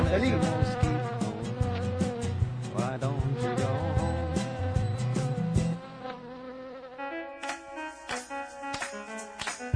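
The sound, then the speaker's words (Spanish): A whiny mosquito buzz drones and wavers in pitch, loud and steady for several seconds before dropping to softer, choppier bursts of buzzing with faint tapping. “No me moleste mosquito.”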